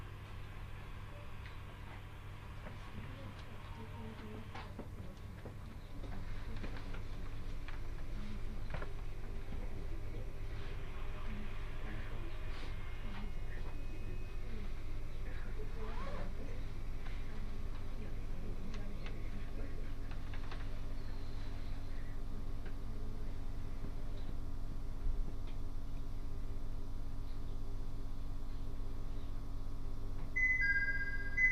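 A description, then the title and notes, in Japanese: A Tohoku Main Line train runs northbound from Kitakami to Morioka, a steady low rumble filling the whole recording. Around six seconds the noise swells and stays louder, with scattered clicks and ticks throughout and a few brief high tones near the end. 東北本線下り 北上→盛岡。701系4両編成。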